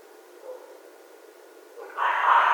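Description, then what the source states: Red fox giving a sudden loud, raspy call that starts after a quiet stretch and runs on to the end, with a faint short sound earlier. Recorded 13 January 2012.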